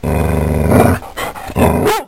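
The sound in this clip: Dog giving growling barks: a long rough harmonic growl-bark, a brief pause with short breathy bursts, then a second drawn-out growling bark.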